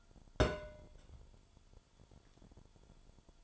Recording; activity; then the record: daily activity, microphone in the room; place on stove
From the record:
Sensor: 5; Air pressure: 1008.2 hPa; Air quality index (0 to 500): 116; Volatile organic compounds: 1 ppm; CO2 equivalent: 894 ppm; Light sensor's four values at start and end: 27/60/25/25 and 27/60/25/25